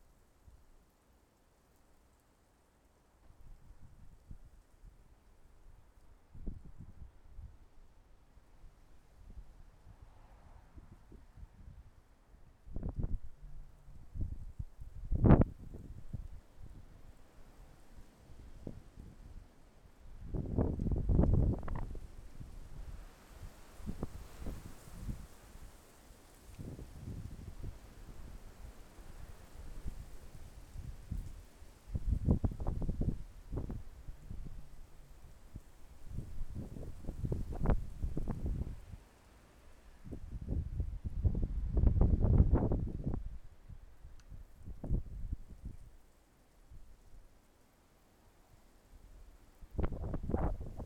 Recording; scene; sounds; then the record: everyday scene through a hearing-aid microphone; wind on the microphone; wind, traffic, birds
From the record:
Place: suburban garden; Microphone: behind the ear, left, front